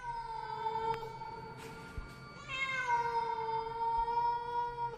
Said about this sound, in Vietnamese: Còn đang nheo nheo mắt, đồng thời trong lòng cũng cố nén được cơn sợ hãi đang dâng lên bởi cái thứ ở trong bụi cây kia, thì bất giác có tiếng con mèo kêu lên, nghe rát cả ruột.